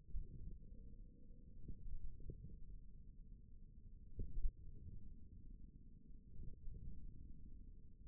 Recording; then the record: forearm muscle sounds (acoustic myography)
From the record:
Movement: ulnar deviation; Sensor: system 1, eight BSWA MPA416 microphones around the upper forearm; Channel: 1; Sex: male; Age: 41 years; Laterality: right